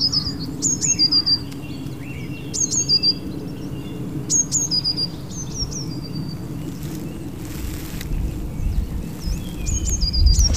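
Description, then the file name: Eurasian blue tit calls: high, thin notes dropping in pitch, given in short bursts with pauses, over steady low background noise and a brief rushing sound. "Cyanistes caeruleus"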